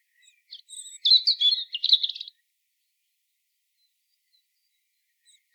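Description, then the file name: European robin singing a short, high, liquid phrase of varied twittering notes and brief trills, followed by a few seconds of silence and the start of another note. "Erithacus rubecula"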